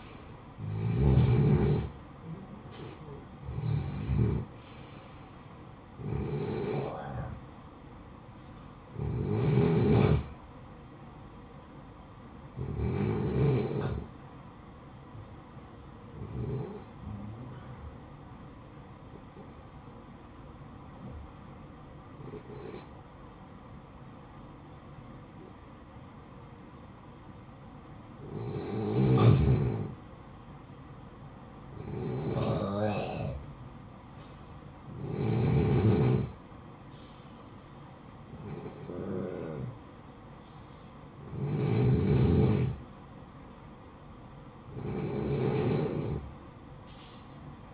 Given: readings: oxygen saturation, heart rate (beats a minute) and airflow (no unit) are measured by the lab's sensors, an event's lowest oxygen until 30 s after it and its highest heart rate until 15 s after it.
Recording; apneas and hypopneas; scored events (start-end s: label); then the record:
breathing in sleep by a smartphone at the bedside; 1
19.00-39.60 s: hypopnea (N1, oxygen 94% highest, then 91% lowest, heart rate 58 at the start, 62 highest)
46.00-47.74 s: new sleep stage, N2 (light sleep)
From the record:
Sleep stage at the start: N1 (lightest sleep); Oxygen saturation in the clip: 86 to 94%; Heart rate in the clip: 54 to 70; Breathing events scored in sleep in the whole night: 573 in 9.8 hours asleep